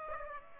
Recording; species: mosquito wingbeat signal from an infrared sensor; Aedes aegypti